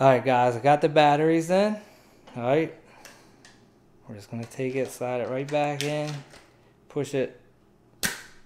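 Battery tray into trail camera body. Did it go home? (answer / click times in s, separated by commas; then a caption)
no / none. A loaded plastic battery tray for a 2020 Browning Spec Ops Edge trail camera is handled and slid back toward the camera body, with someone talking throughout. Brief handling clicks are heard around 3.0 and 3.4 seconds, then a sharp scrape near 8.0 seconds. Nothing has seated or locked yet; the tray is not yet home.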